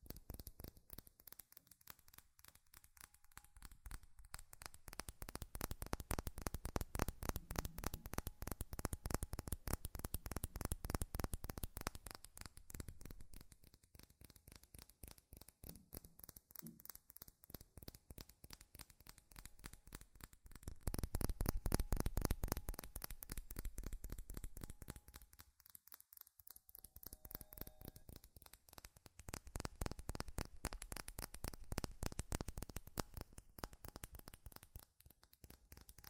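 Fast, furious tapping on metal runs through the whole recording as a dense stream of sharp, bright clicks. The rate stays quick and fairly even, while the loudness swells and dips in waves, with the fullest bursts around the middle and near the end.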